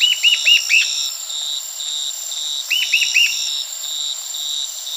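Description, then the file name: Bird call series: a run of four or five curved, bouncy notes, then another run about two and a half seconds later, above continuous insect buzzing. "SABIOD 50 bird 2015"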